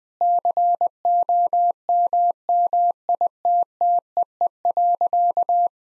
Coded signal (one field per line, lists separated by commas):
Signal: Morse code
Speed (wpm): 20 wpm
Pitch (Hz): 700 Hz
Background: none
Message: COMMITTEE.